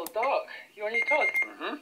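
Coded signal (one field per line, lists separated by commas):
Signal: none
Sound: a radio's button beeps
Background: speech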